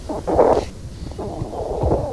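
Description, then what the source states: European hedgehog snorting: a hoarse wheezy puff followed by softer, rasping huffs and a low growling rumble underneath. Garden hedgehog that had settled under a pile of branches, recorded on video.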